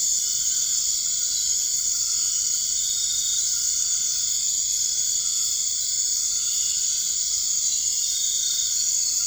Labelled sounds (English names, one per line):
none